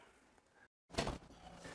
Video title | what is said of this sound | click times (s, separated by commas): Escapees Care - Camper Wrap - Paws on Board Flea and Ticks on Rollin On TV Show 2021-26 | when you press the backrest down you will hear it lock into place | 1.0 s